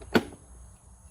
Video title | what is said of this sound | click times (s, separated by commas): EGO Battery Powered Mower- UNSPONSORED REVIEW‼️ | and you're going to hear it click | 0.2 s